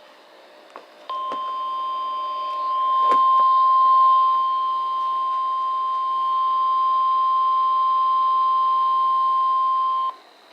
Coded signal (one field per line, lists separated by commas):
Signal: Emergency Alert System (SAME) tones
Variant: 1050 Hz attention tone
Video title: THERE'S TWO OF THEM! - Required Weekly Tests [EAS #164-#165]